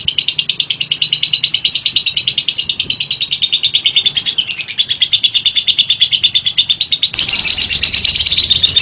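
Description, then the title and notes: Lovebird in a long, steady, buzzy trill of quick high notes that shifts slightly in pitch, then becomes louder and harsher near the end. Masteran (tutor audio) for training other birds to sing. "Suara Burung Lovbred Buat Masteran"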